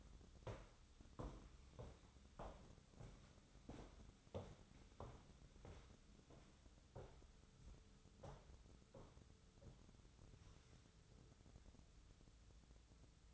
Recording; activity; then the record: daily activity, microphone in the room; walk to room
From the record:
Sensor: 3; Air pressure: 988.1 hPa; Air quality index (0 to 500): 138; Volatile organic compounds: 36 ppm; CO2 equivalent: 3087 ppm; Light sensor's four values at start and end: 25/77/32/28 and 26/81/34/30